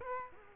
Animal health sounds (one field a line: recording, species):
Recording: mosquito wingbeat signal from an infrared sensor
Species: Culex quinquefasciatus